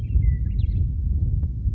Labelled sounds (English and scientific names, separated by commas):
Western Meadowlark (Sturnella neglecta)